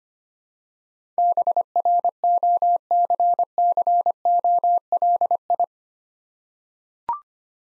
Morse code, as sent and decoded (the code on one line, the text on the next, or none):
-... .-. --- -.-. -.-. --- .-.. ..
BROCCOLI